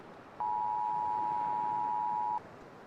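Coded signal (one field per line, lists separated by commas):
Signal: Emergency Alert System (SAME) tones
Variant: 853 and 960 Hz attention tone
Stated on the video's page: Fictional mega tsunami alert in simulated apocalyptic emergency radio ambience.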